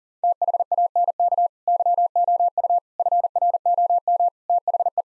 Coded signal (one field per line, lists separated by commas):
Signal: Morse code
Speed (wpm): 37 wpm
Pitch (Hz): 700 Hz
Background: none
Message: THANK YOU FROM THE